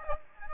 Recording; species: mosquito wingbeat signal from an infrared sensor; Aedes aegypti